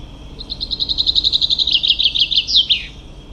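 Common chaffinch song of many crisp repeated notes, ending in an emphatic falling flourish, with soft hiss throughout.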